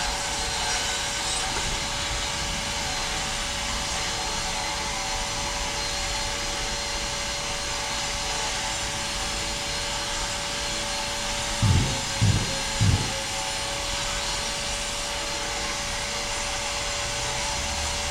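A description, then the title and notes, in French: Renovation work on the south footbridge: a machine runs without pause, giving a steady, dense hiss with a constant whining tone held throughout. Around twelve seconds, three quick low knocks sound in close succession, then the drone carries on unchanged. Travaux de rénovation de la passerelle sud.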